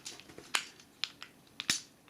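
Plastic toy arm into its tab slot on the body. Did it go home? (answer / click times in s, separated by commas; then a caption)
yes / 0.6 s, 1.0 s. A plastic toy arm is brought all the way up and tabbed into its tab slot on the body, seating with sharp clicks at 0.6 s and 1.0 s. Further light plastic ticks and snaps follow, with a louder crackling snap near 1.7 s.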